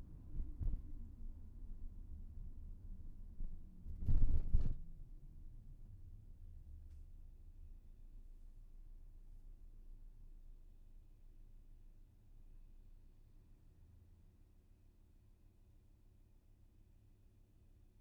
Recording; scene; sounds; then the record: everyday scene through a hearing-aid microphone; in a vehicle; engine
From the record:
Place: VW T5 Caravelle, diesel engine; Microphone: behind the ear, left, front